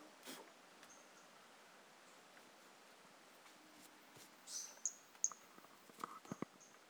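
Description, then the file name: Brachycephalus mirissimus making high chirps over a hissy background: a buzzy note followed by two sharp chirps, then soft knocks and rustles. Individual 01 of Brachycephalus mirissimus, recorded 18 January 2018; the frog was not collected. "Brachycephalus mirissimus 18 jan 2018 individual 01 ex 02 A E Confetti not collected"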